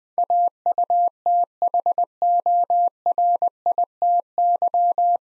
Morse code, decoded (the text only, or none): AUTHORITY